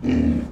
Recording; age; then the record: pig call; growing-finishing pig (85 days or more)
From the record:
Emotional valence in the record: negative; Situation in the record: barren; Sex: female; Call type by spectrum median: low-frequency call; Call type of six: low-frequency stable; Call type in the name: low-frequency stable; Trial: 1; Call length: 0.52 s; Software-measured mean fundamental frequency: 48 Hz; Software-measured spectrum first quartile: 167 Hz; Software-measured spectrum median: 244 Hz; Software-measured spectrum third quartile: 325 Hz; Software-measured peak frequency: 254 Hz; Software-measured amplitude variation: 206 dB a second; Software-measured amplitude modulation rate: 25.2 a second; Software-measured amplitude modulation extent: 8.2 dB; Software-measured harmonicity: 3.4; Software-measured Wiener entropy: -1.02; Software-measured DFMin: 699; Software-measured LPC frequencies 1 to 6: 276, 1839, 2373, 2841, 3983, 4554 Hz